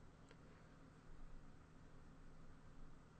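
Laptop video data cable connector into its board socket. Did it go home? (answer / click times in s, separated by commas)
yes / 0.3 s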